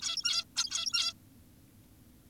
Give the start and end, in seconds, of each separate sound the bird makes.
0.56-1.14